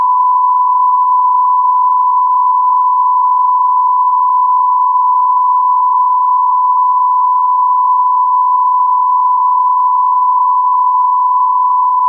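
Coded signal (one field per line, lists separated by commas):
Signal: radio time signal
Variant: Beta, RJH77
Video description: 00:05 : Unmodulated carrier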